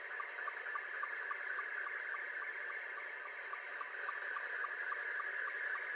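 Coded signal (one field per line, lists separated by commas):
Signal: SSTV (slow-scan television)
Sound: hissy warbling tone with steady short ticks several times a second under heavy static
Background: radio static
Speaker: he is saying thank you for the 73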